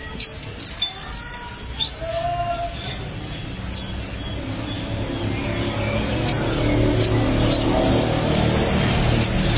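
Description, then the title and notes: Canary song: a long high whistle and lower notes early, then spaced high chirps and another sustained whistle, with background hum. "BM Suara Kenari. BM Suara Burung Kenari"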